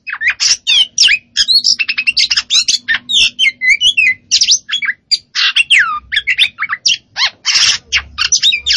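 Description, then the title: Oriental magpie-robin singing a fast, varied stream of sharp whistled notes, down-slurred sweeps and short harsh chatters, delivered continuously across the whole stretch. Poci form, singing vigorously and continuously (gacor). "Kacer Poci"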